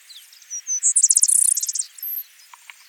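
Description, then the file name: Vesper sparrow song of a few whistled notes rolling into a rapid high trill, followed by a short thin high note and a few faint ticks. "Pooecetes gramineus - Vesper Sparrow"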